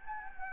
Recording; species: mosquito wingbeat signal from an infrared sensor; Anopheles gambiae